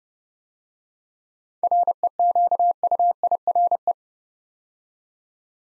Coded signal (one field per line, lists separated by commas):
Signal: Morse code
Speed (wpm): 30 wpm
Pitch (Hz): 700 Hz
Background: none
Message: REQUIRE